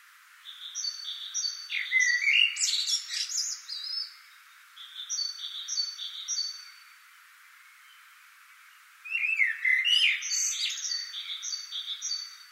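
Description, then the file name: Common blackbird singing two fluty warbled phrases with high scratchy endings, separated by a long gap filled by another bird's repeated high paired notes. "Turdus merula"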